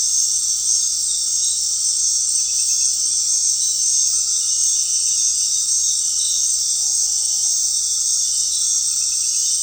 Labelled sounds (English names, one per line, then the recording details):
none
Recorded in dense forest near Puerto Asís, Putumayo, Colombia, on 9 March 2025 at 19:00
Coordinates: 0.499, -76.324
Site GP03